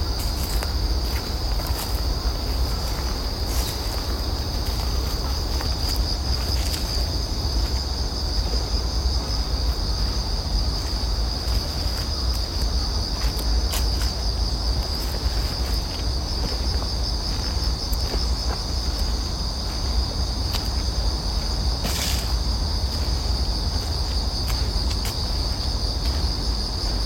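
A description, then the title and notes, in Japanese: A morning park scene with a steady rush of flowing water filling the low and middle range. A continuous high insect-like trill runs throughout, and brief bright clicks or chirps of small birds pop up now and then, notably around 7, 14 and 22 seconds. 公園の朝散歩で聴こえてくる自然音。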